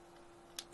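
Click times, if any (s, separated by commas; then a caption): 0.6 s. A plastic airbox cover is pushed over the manifold housing of a De Agostini RB19 Oracle Red Bull scale model car engine and clips into place with a single sharp, bright click at 0.6 s. A faint steady hum sits underneath throughout. The cover is seated.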